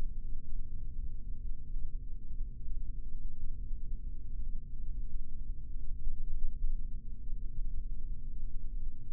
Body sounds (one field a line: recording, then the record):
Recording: forearm muscle sounds (acoustic myography)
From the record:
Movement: rest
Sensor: system 3, bracelet of six PUI Audio POM-2738L microphones around the upper forearm, with dedicated amplification and filtering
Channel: 2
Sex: male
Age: 26 years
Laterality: right